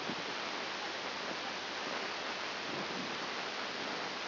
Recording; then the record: brain microelectrode recording played as sound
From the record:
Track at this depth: inside the subthalamic nucleus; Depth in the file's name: 5.901 mm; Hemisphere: left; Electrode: 2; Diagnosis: Parkinson's disease